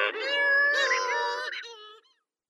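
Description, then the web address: Cape Verde shearwater giving a nasal, harmonic wail in a few joined parts, ending in a shorter lower note that fades to silence. "Cape Verde Shearwater"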